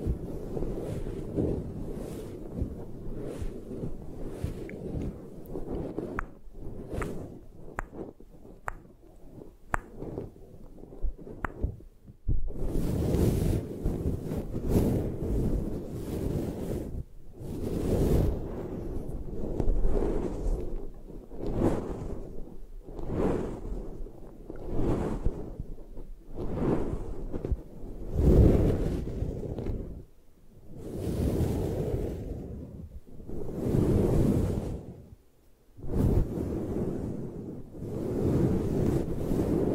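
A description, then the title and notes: No-talking eye massage sounds: soft rubbing and scratching, with a deep muffled rumble underneath. Over the first twelve seconds, quick light strokes come about twice a second. After that, slower swelling swishes arrive every second or two, with a brief hush near 36 seconds. ASMR Hypnotic Triggers for Sleep 3D Eye Massage, Tapping, Scratching (No Talking).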